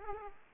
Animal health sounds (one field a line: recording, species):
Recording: mosquito wingbeat signal from an infrared sensor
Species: Aedes aegypti